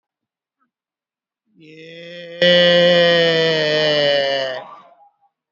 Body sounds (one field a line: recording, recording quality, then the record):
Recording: sustained vowel as in made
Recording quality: excellent, no background noise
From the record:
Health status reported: exposed to COVID-19, no respiratory illness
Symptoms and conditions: cold, diabetes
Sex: male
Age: 52 years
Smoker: no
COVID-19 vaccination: both doses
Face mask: worn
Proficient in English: yes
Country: India